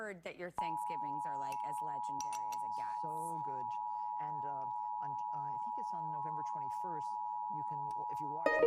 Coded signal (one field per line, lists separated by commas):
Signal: Emergency Alert System (SAME) tones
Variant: 853 and 960 Hz attention tone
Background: speech